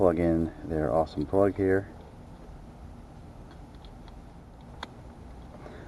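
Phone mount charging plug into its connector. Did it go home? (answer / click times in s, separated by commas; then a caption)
yes / 4.8 s. Someone talks, then after a quiet stretch the charging plug of a phone mount is pushed into its connector inside a 2015+ Challenger, with faint ticks near 3.9 s and 4.1 s. A sharp click at 4.8 s marks the plug locking in place so it doesn't come out.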